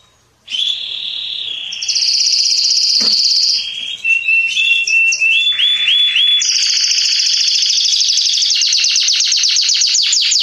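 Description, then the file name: Canary singing after a brief silence: sustained high trills, a series of quick notes, then a long rattle of rapid repeated notes, continuous and loud. "Canary Voice"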